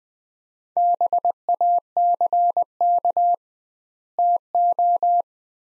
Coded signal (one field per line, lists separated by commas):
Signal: Morse code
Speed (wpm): 21 wpm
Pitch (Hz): 700 Hz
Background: none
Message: BACK TO